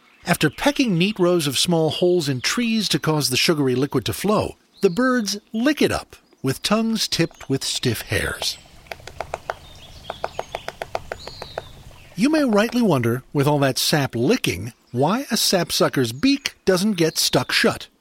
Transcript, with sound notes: After pecking neat rows of small holes in trees to cause the sugary liquid to flow, the birds lick it up with tongues tipped with stiff hairs. [Yellow-bellied Sapsucker foraging, pecking holes] You may rightly wonder, with all that sap-licking, why a sapsucker’s beak doesn’t get stuck shut.